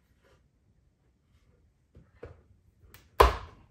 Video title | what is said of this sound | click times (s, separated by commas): Pressure Washing DIY Hose Reel HACK!!! | there we go man it's locked into place | 3.2 s